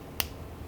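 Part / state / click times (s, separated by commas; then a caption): mobile phone slide/flip mechanism opening / released / 0.2 s. A retro Sony Walkman mobile phone's slide or flip mechanism is opened. It snaps open with a single sharp, bright click at 0.2 s against a quiet low background. The phone is left open.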